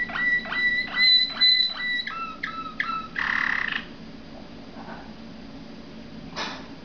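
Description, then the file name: Waterslager canary song of clear repeated whistled notes and looping tours, then a brief buzzy roll, with near quiet and one faint note afterward. "malinois waterslager omkicau"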